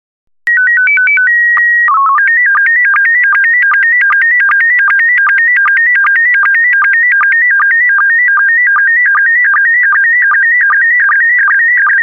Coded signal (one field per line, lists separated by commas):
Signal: SSTV (slow-scan television)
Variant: PD 50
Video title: Daily Minutes, 29 december 2018. Nieuws. Afbeeldingen in SSTV en DRM